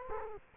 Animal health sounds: mosquito wingbeat signal from an infrared sensor; Culex quinquefasciatus

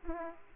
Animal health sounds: mosquito wingbeat signal from an infrared sensor; Aedes aegypti

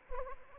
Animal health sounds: mosquito wingbeat signal from an infrared sensor; Anopheles arabiensis

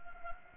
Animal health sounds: mosquito wingbeat signal from an infrared sensor; Anopheles gambiae

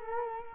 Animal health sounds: mosquito wingbeat signal from an infrared sensor; Culex quinquefasciatus

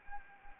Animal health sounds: mosquito wingbeat signal from an infrared sensor; Anopheles arabiensis

